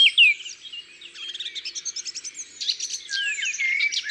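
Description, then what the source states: Eurasian blackcap song: chattering, scratchy warbling broken by clear, slurred whistles, ending in louder fluting notes. Recorded in Ardèche.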